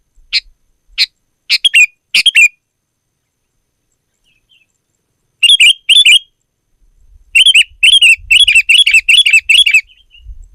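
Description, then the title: Sooty-headed bulbul: several sharp chips, then short bubbly phrases building into a fast run of repeated notes. "kutilang"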